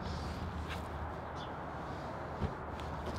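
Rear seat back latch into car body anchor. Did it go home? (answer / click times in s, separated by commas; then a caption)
no / none. The folding rear seat back of a small hatchback is handled and pushed up toward its latch on the car body anchor, with a steady low background rumble, faint handling rustles, a soft thump near 2.4 s and a sharp hit right at the end. The latch has not clicked or seated yet.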